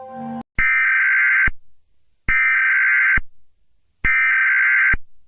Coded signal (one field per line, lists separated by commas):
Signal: Emergency Alert System (SAME) tones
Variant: header bursts